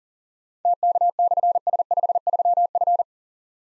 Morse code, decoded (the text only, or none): TK/S53F